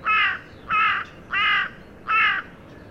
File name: Corvus corone